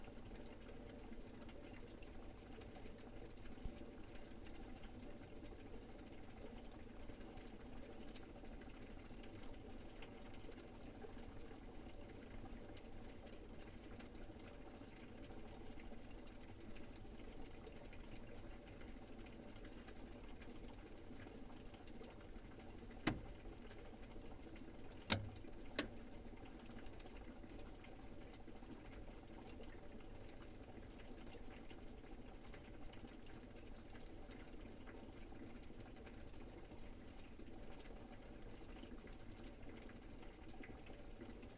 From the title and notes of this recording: Inside my fridge. What goes on inside a fridge when the door is closed.